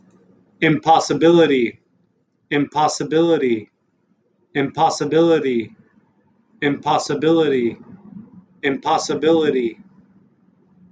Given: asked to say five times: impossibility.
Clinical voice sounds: repeated word; male; 20 to 29 years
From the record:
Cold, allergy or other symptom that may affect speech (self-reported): no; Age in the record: 28 years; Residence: Texas, United States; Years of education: 16

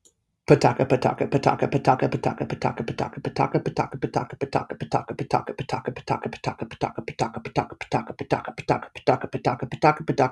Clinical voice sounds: repeated syllables /pa ta ka/; male; 30 to 39 years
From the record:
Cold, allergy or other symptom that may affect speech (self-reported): no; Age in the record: 31 years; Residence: South Carolina, United States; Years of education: 21

